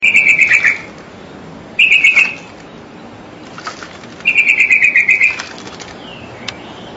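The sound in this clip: Nias hill myna calls: three bursts of rapid, buzzy warbled notes around mid-high pitch, about a second or less each, separated by pauses, with faint clicks between.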